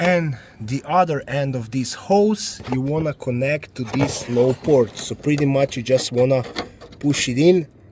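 Someone talks while getting ready to push the quick-connect coupler of an A/C recharge hose onto the metal low-pressure service port of the A/C line on a 2011–2017 Jeep Compass or Jeep Patriot. The other end of the hose screws into the A/C refrigerant can. Nothing has seated or clicked yet.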